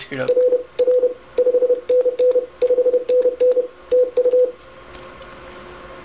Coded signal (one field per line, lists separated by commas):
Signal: Morse code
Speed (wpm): 29 wpm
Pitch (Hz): 500 Hz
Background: speech, radio noise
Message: R R 5NN 5NN TU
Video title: My first unassisted CW Contact